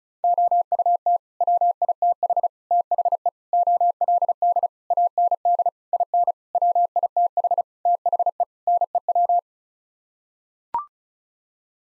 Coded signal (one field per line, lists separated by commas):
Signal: Morse code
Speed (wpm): 36 wpm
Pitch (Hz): 700 Hz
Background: none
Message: OUT WITH THE OLD AND IN WITH THE NEW